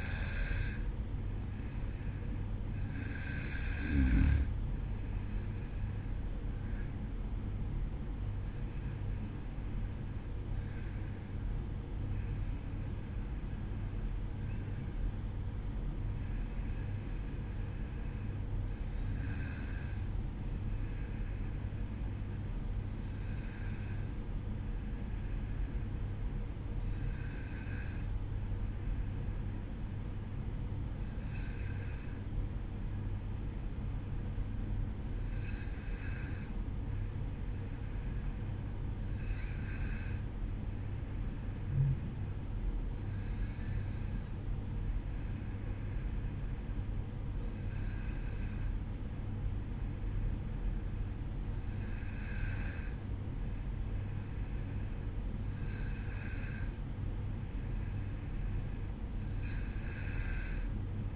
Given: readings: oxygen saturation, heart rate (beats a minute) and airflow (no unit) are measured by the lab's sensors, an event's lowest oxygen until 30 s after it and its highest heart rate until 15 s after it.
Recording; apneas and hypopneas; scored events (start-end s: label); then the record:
breathing in sleep by a smartphone at the bedside; none
none scored
From the record:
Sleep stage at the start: N1 (lightest sleep); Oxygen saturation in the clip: 93 to 94%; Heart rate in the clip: 51 to 57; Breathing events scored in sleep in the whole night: 305 in 9.6 hours asleep